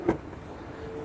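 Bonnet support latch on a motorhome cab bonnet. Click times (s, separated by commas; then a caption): 0.1 s. The cab bonnet of a 2016 Swift Bolero 612EK motorhome is lifted, and its bonnet support latch locks it in the raised position with a short, sharp click at 0.1 s. The click is followed by a low, steady background hum. A yellow lever releases the bonnet from this raised position.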